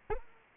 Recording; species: mosquito wingbeat signal from an infrared sensor; Anopheles arabiensis